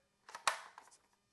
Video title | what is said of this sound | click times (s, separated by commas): DRONECOPTER!? WHAT!? - Flywing R/C GPS Enabled Helicopters - 450v3 and Huey UH-1 | line it up with the guide, listen for the big click, | 0.5 s